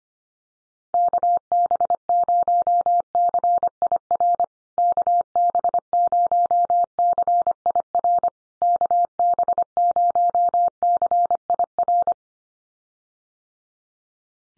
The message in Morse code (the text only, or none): KB0CIR KB0CIR KB0CIR